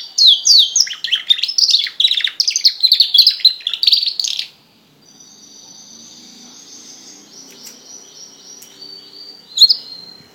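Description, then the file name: Border canary singing a quick jumble of sweeping whistles and trills for about four seconds, then softer sustained whistled tones and a faint low hum. "canto do canario border"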